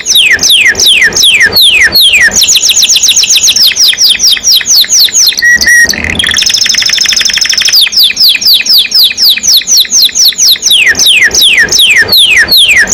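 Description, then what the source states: Canary song: repeated descending sweeps, rolling trills and a brief whistled phrase, continuous throughout. Singing constantly (gacor); champion-level singer, first place winner.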